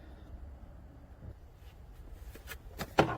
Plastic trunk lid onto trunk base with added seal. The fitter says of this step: And you may be able to hear the uh the snapping. It takes a little more effort because now there's a nice tight seal to it.